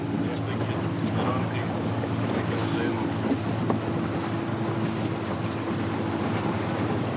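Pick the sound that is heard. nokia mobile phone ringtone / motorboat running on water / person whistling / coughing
motorboat running on water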